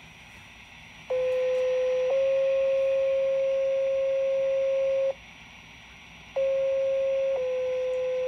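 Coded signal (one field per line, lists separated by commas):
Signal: two-tone page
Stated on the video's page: County pager test tones picked up on a scanner.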